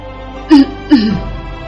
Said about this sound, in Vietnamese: … ho khan một tiếng